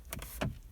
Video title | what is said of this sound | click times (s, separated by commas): How To Install An Aftermarket Head Unit In A Subaru | it should click in | 0.1 s, 0.2 s, 0.4 s